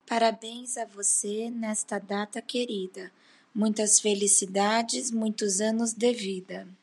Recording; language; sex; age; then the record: short text; Brazilian Portuguese; female; 30 to 39 years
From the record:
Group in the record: control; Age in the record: 34 years